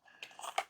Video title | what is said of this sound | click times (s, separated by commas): Febreze Plug Scent Booster- How to Fix if Blue Light to Refill is Flashing | And you're simply going to take it and we're going to insert it till it clicks. Push | 0.6 s